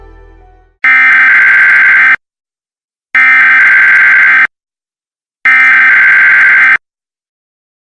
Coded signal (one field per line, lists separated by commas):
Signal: Emergency Alert System (SAME) tones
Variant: header bursts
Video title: Next Turn: A Civilization EAS Scenario